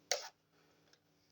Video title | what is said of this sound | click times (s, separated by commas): transformers legacy titan nemesis | snap in place | 0.1 s